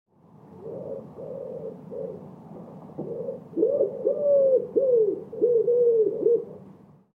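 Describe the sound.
Bird cooing, a series of low hollow coos, soft at first then louder, repeated over several seconds.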